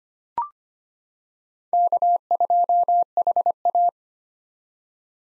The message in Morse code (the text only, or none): K2HA